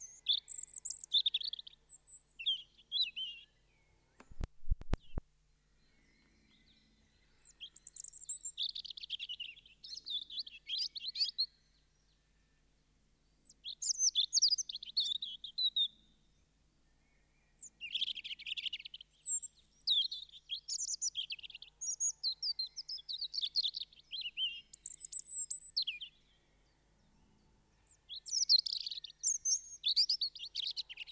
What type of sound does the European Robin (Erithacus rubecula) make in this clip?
song